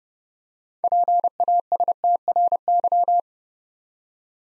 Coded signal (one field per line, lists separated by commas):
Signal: Morse code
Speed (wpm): 28 wpm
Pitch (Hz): 700 Hz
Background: none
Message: PASTRY